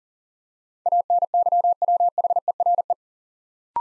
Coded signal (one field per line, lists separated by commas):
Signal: Morse code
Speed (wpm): 39 wpm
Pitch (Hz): 700 Hz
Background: none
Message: ANYWHERE